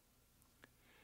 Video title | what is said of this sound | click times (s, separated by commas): Armstrong Series EHU-700 Humidifier-Installation Operation Maintenance | slowly turn the electrode until it locks in place | 0.4 s, 0.6 s